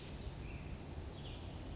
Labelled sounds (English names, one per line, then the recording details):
Western Flycatcher
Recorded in Sonoma County, California